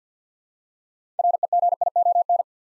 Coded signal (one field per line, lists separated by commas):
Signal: Morse code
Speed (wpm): 50 wpm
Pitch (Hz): 700 Hz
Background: none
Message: REGION